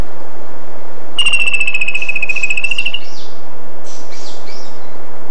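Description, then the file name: Bird trill, a fast pulsed buzz of nearly two seconds, followed by soft slurred chirps, all over a hissing background. "SABIOD 50 bird 2015"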